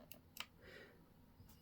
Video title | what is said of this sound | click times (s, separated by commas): EZVIZ - C8W Unbox Install & Test 2024 | hole and then it just clicks into place just like so | 0.4 s